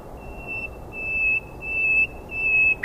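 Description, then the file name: Common nightingale, a series of long, steady, pure whistled notes on one high pitch, each held under a second, growing slightly louder, with faint background hiss. "Luscinia megarhynchos"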